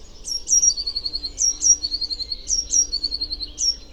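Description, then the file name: Eurasian blue tit singing high, thin phrases: two sharp descending notes followed by a fast trill, repeated about once a second, with low background rumble. "Cyanistes caeruleus"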